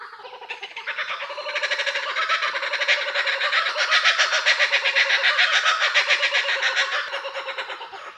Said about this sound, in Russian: Врубаю кукабару. Так привык, что без нее уже не могу говорить.